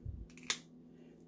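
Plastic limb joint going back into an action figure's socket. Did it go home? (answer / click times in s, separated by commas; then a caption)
yes / 0.5 s. A popped-out limb joint on a stiff plastic NECA Bebop or Rocksteady Teenage Mutant Ninja Turtles cartoon action figure is pushed back into its socket, with a low rumble at the start and faint ticks around 0.3 and 0.4 s. A sharp, bright click at 0.5 s marks the joint seating back in, followed by quiet.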